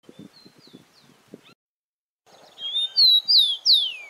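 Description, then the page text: Rufous-collared sparrow song: a few bright whistled notes, the last sliding down, after quieter high chirps and soft low knocking sounds. "TICO TICO (Zonotrichia Capensis)"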